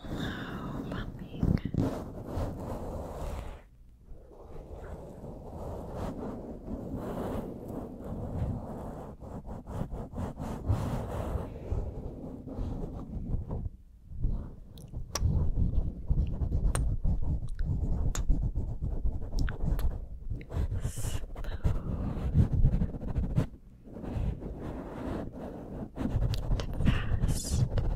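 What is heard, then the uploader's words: Dense scratching and rubbing right against the microphone, a head massage with fingers swirling and scraping in quick, uneven bursts. The sound is mostly low and muffled with brighter crackles on top, pausing briefly near 4, 14 and 24 seconds. MIC PUMPING & A HEAD MASSAGE. Fast, slow, aggressive, swirling, scratching.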